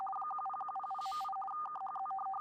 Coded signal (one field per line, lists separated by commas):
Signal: RTTY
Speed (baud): 50 baud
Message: 10100.8 KHZ